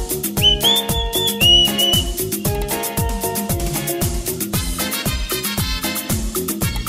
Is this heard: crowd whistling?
yes